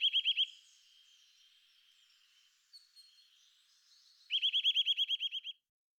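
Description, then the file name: Eurasian nuthatch giving a short burst of rising whistled notes, then a quiet stretch with faint notes, then a rapid trill of about a dozen loud rising whistles. "boomklever"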